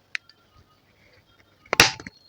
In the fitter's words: அவ்வளவுதான், டக்குன்னு ஒரு சவுண்ட் கேட்டுச்சா அதுக்கப்புறம் நீங்க வந்து டைட் பண்ணிடணும்.